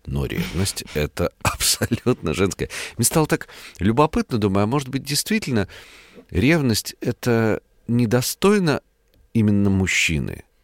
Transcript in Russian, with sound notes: Но ревность — это
абсолютно женское». (Смеется.) Мне стало
так любопытно. Думаю: а может быть,
действительно, ревность — это недостойно
именно мужчины?